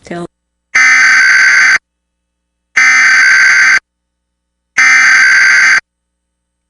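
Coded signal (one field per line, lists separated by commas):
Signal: Emergency Alert System (SAME) tones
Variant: header bursts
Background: speech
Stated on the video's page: National Periodic Test SAME tones relayed by a low-power Two Harbors, Minnesota broadcast station.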